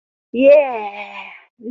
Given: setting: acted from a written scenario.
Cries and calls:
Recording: vocal sound without words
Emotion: triumph

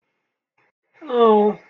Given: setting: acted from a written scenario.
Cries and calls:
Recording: vocal sound without words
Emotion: sympathy

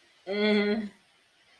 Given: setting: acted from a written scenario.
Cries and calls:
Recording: vocal sound without words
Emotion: embarrassment

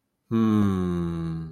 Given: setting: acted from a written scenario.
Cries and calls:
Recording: vocal sound without words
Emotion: serenity

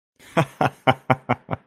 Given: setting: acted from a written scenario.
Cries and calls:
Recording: vocal sound without words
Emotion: amusement

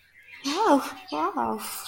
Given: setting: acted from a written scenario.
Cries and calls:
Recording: vocal sound without words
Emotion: positive surprise

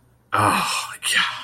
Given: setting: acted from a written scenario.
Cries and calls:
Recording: vocal sound without words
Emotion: guilt

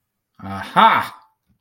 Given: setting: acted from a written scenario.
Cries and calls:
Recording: vocal sound without words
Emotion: realization

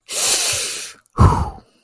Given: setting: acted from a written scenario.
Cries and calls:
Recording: vocal sound without words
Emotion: ecstasy

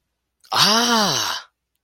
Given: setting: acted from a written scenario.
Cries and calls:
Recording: vocal sound without words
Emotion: positive surprise

